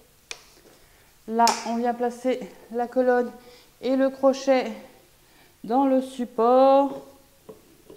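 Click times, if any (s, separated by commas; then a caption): none. Someone talks while lowering the steering column of a waterproof (IP65) Speedtrott XM-350 electric scooter to fold it, bringing its metal hook toward the holder and safety clip on the deck. Only brief handling knocks are heard under the talk. Nothing has seated or clicked yet.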